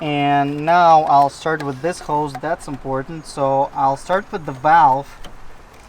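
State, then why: Not seated. Someone talks while handling an engine hose quick-connector being brought to the valve cover port on the N52 engine of a 2007-2013 BMW 328i E90 SULEV during a valve cover gasket replacement. The connector has not been pushed home yet, and nothing has seated or clicked.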